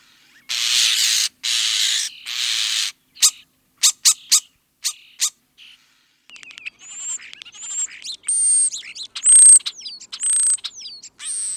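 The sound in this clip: European starling giving harsh rattling bursts and sharp clicks, then a string of high slurred whistles and squeaky notes.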